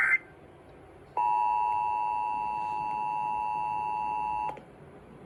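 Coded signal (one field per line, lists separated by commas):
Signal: Emergency Alert System (SAME) tones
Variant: 853 and 960 Hz attention tone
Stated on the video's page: EAS SAME tones of a Required Weekly Test broadcast on an FM radio station.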